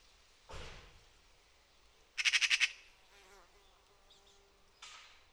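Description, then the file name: Eurasian magpie giving one short, harsh rattling chatter of about six rapid dry notes, with a dull thump beforehand and a brief rustling noise near the end. "Pica pica"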